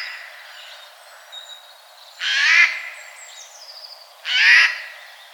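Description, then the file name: Eurasian jay giving two harsh, rasping screeches about two seconds apart, with faint thin whistles between them. "Garrulus glandarius"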